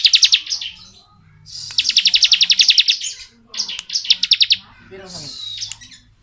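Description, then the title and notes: Bar-winged prinia singing pulsed, buzzy trills of varying length, including one long burst, with thinner chirps near the end. Ngebren song style of the ciblek, used as training audio for white-rumped shamas (murai batu). "Ciblek Ngebren Untuk Masteran Murai Batu. Suara burung ciblek - Suara Nada"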